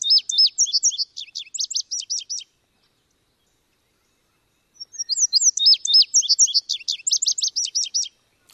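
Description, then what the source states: Indigo Bunting song: two bursts of rapid, high, bubbly notes given in pairs, each pair sliding up and down, with a silent gap of over two seconds between the phrases. Rapid, bubbly notes always given in pairs as an up-and-down warble; song described as very diagnostic; bird hides in middle and upper parts of trees.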